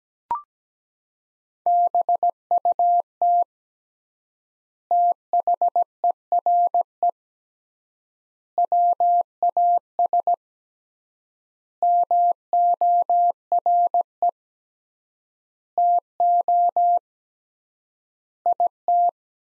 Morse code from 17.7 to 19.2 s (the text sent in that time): IT